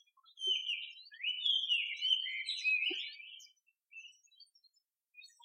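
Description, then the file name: Oriental magpie-robin delivers a flowing string of whistled and warbled notes that rise and fall, then trails into a few short, soft phrases. "mimic Magpie Robin Call"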